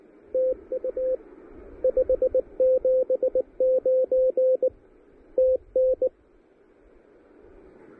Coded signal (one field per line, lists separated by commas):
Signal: Morse code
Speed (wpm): 20 wpm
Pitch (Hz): 500 Hz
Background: radio noise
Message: TU 579 TN